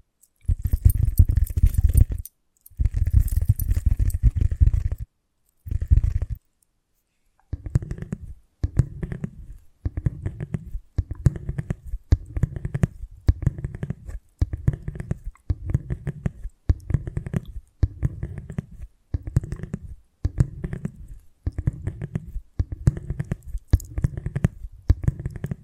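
Invisible tapping, scratching and tracing, heard as soft, low, muffled rubbing strokes. The first few seconds bring longer, rougher bursts with brief silences between; after about seven seconds the sounds settle into a steady rhythm of short strokes, roughly one per second.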